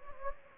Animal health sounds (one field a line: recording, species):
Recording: mosquito wingbeat signal from an infrared sensor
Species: Anopheles gambiae